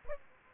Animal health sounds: mosquito wingbeat signal from an infrared sensor; Aedes aegypti

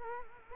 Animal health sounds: mosquito wingbeat signal from an infrared sensor; Culex quinquefasciatus

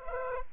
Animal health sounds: mosquito wingbeat signal from an infrared sensor; Culex pipiens

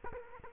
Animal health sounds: mosquito wingbeat signal from an infrared sensor; Culex quinquefasciatus

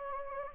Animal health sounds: mosquito wingbeat signal from an infrared sensor; Anopheles gambiae

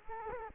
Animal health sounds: mosquito wingbeat signal from an infrared sensor; Culex quinquefasciatus

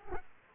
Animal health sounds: mosquito wingbeat signal from an infrared sensor; Culex quinquefasciatus

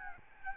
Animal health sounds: mosquito wingbeat signal from an infrared sensor; Aedes albopictus

